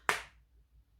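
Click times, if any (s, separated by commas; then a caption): 0.1 s. A press-stud snap cap is deliberately pulled roughly out of its socket on a fabric wallet to test that it holds and releases. It gives one sharp, bright pop at 0.09 seconds, followed by quiet. The snap releases cleanly and is judged to be fine.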